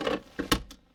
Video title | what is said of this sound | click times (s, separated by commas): I HATE NOT SEEING WHEN I GET INTO MY CAR! HOW TO FIX HONDA/ACURA INTERIOR LIGHT THAT DON'T WORK | and these are fairly simple. They snap right in | 0.5 s